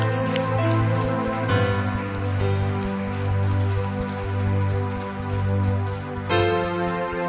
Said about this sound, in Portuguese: Aplauda Ele nessa noite.